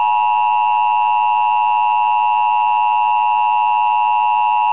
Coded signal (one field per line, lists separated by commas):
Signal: Emergency Alert System (SAME) tones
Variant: 853 and 960 Hz attention tone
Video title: East Lansing IntelliStar Tornado Warning & EAS - 6/6/2010